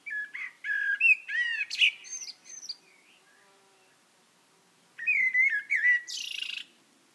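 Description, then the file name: Eurasian blackbird singing two phrases of rich, fluty warbles mixed with thin squeaky twitters; the second phrase ends in a harsh, hissing high burst. "Turdus merula"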